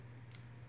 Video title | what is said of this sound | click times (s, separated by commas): ROYALL CAR-7S - Wideorejestrator Kamera Samochodowa Sony IMX322 Unboxing - ForumWiedzy | Paznokciem dosuńmy. Kliknęło | 0.3 s